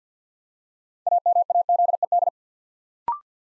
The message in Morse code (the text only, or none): AMAZED